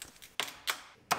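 Plastic rear cab trim on a 2019 Sierra Denali 2500HD is pulled off the body by hand during roof removal, and its retaining clips in the truck cab rear wall pop loose. Sharp, bright snaps sound at 0.4 s and 1.1 s, with a softer crackle near 0.7 s between them and faint rustling before the first. The clips release and the trim comes free.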